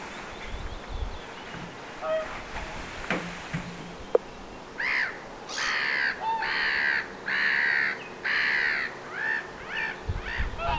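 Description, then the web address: Whooper swan calls begin after a quiet start, then loud brassy honks follow in a quick, uneven series. Whooper swan giving "kuup" or "puup" calls at length, recorded 27 June 2025. "paivat 27 6 2025 laulujoutsenen kuup tai puup aania 3 pitkasti"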